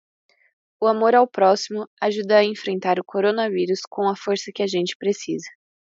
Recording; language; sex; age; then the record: spoken sentence; Brazilian Portuguese; female; 20 to 29 years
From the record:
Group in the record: control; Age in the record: 20 years